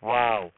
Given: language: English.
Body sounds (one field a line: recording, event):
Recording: throat vibration sensor signal played as sound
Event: speech